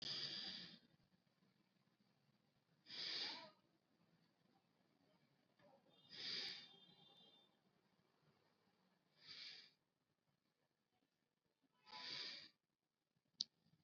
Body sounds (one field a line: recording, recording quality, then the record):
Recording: deep breathing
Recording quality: excellent, no background noise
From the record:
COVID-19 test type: RT-PCR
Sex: male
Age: 29 years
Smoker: yes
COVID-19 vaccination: both doses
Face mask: worn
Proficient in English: yes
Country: India